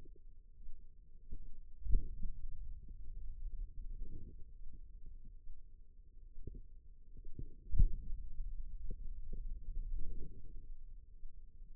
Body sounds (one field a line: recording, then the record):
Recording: forearm muscle sounds (acoustic myography)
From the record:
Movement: finger pinch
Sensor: system 2, bracelet of six BSWA MPA416 microphones around the upper forearm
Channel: 4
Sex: female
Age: 25 years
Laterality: right